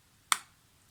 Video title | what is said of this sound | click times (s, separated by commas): Cross Townsend Fountain Pen Review 2021 | they're not a screw cap they'll click so have a listen to this | 0.3 s